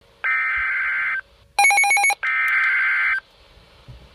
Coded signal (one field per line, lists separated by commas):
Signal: Emergency Alert System (SAME) tones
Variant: header bursts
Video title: Tornado Warning - EAS #386